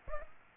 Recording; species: mosquito wingbeat signal from an infrared sensor; Aedes aegypti